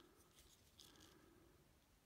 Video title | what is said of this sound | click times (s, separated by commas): Transformers Earthrise Deluxe Class Runamuck Review | and that kind of clicks into place | 0.8 s, 1.0 s